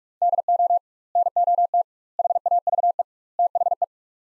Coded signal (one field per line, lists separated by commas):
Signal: Morse code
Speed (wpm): 47 wpm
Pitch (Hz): 700 Hz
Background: none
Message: DO NOT HAVE THE